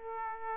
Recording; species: mosquito wingbeat signal from an infrared sensor; Aedes aegypti